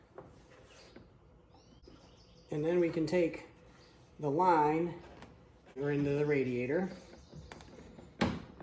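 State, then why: Seated. On a 2017 GMC/Chevy 2500HD with a 6L90 transmission, the upper transmission cooler line's quick-connect fitting is pushed onto the radiator port while someone talks in three bursts over a low background hiss with a few faint ticks. At 8.2 s a loud, sharp click rings out as the fitting locks in place on the radiator.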